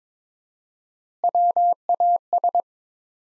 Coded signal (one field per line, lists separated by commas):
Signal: Morse code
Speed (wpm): 22 wpm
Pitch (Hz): 700 Hz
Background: none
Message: WAS